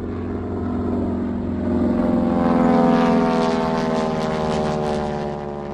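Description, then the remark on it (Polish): A propeller airplane drones steadily, its engine hum rich with buzzing harmonic tones, swelling louder around the middle before easing off slightly. No voices are heard. “W kilka samolotów zbieramy się, lecimy gdzieś na drugi koniec kraju, jemy wspólnie obiad, czasem możemy wyskoczyć na plażę, jeżeli akurat polecieliśmy do Jastarni i tego samego dnia albo kolejnego startujemy i wracamy do domów.”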